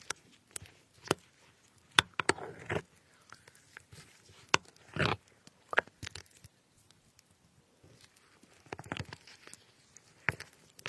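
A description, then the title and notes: Strawberries and other fruit are being cut, with sharp, irregular knife taps and clicks on a board scattered through the clip, louder ones near 2 and 5 seconds. Between cuts come brief soft squishing and rustling sounds, and the gaps are quiet. Cutting fruits like strawberries.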